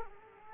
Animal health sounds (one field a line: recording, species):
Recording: mosquito wingbeat signal from an infrared sensor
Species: Culex quinquefasciatus